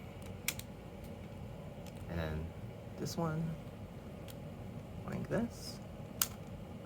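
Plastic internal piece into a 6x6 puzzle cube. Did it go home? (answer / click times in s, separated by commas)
yes / 6.2 s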